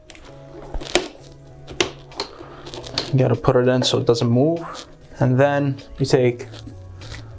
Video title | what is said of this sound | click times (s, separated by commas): Dyson TP04 Pure Cool Air Purifier Tower Fan Unboxing, Assembly & First Look - Featured Tech (2020) | then you make sure that you hear this you're here in the clicking you | 1.8 s